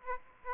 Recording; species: mosquito wingbeat signal from an infrared sensor; Aedes aegypti